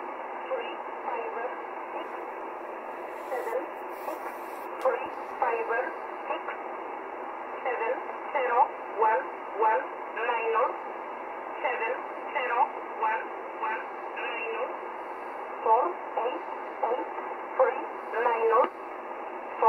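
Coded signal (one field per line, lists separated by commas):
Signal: numbers station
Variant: E11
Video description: Polish Intelligence transmitting a message to an agent in the field.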